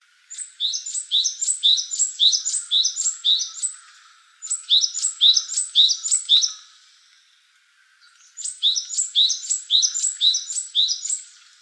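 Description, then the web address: Japanese tit giving three bursts of rapid two-note chirps, bright and high-pitched, each burst lasting a few seconds with short pauses between. "birdenaga sijukara"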